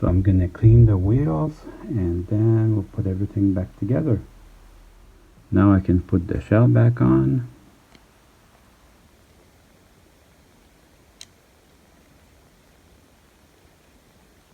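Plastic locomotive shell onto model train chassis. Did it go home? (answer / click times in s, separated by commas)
no / none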